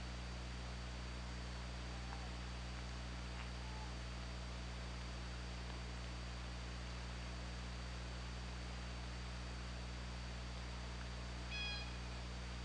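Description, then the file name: Orca call: one short harmonic whistle-like call near the end, over steady underwater hiss and a constant low hum. Recorded by OrcaLab hydrophone on 24 August 2017 at 23:04. "Orca Lab UTLN JASON 20170824 230413"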